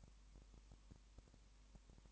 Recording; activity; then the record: daily activity, microphone in the room; no activity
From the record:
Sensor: 1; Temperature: 19.7 degrees Celsius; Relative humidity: 40.5%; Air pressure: 1010.6 hPa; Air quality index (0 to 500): 208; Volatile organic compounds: 55 ppm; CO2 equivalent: 3361 ppm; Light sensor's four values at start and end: 1/2/1/1 and 1/2/1/1